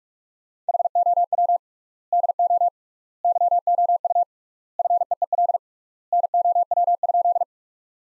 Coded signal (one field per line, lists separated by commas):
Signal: Morse code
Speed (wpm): 46 wpm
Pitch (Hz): 700 Hz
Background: none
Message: HOW DO YOU FEEL NOW?